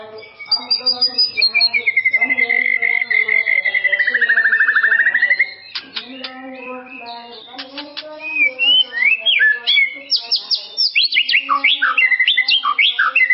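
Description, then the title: White-rumped shama song: a long rapid trill slowly falling then rising, followed by sharp clicks and loud varied whistled notes. "murai batu"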